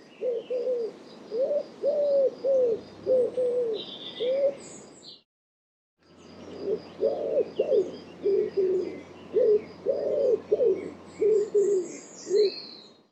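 Bird giving low, hollow cooing notes in rhythmic series, broken by a brief gap, while thin high twitters of other birds sound in the background.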